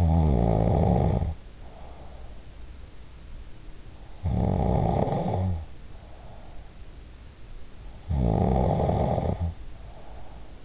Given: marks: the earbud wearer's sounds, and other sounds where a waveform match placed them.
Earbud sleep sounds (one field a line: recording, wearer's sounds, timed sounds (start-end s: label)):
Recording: sounds in sleep by an in-ear microphone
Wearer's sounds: snoring breath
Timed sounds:
0.00-2.72 s: snoring breath
4.32-6.81 s: snoring breath
8.09-10.65 s: snoring breath